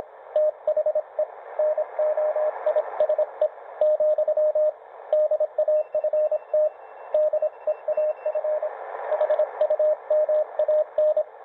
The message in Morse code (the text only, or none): THE NOISE , DAFT DEAF HUMAN